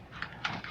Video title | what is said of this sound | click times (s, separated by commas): Is Tesla Making Drones? Tesla M8 Drone | the folding arms, and they do lock into place. | 0.2 s, 0.4 s